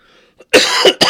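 After a near-silent pause, a loud, harsh cough erupts in a quick run of about three explosive bursts lasting around half a second. It is an ordinary cough from an adult man who recently had a cold.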